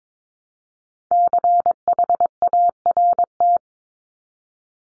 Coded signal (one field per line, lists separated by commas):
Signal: Morse code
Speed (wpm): 22 wpm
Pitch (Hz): 700 Hz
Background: none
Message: CHART